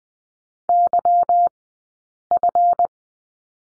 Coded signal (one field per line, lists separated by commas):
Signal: Morse code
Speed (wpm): 20 wpm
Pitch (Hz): 700 Hz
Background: none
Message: YF